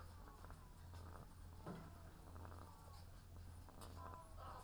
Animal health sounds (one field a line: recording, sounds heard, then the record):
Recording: poultry house recording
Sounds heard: sick chickens (respiratory disease)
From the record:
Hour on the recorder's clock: 18